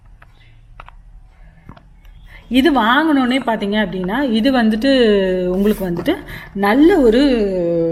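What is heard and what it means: An interchangeable plastic trimmer head is turned on a Lifelong multi trimmer body until its triangle markers line up, unlocking it so it can be taken off. A sharp click at 0.8 s marks the head releasing, followed by a few soft handling taps before someone talks from about 2.5 s on.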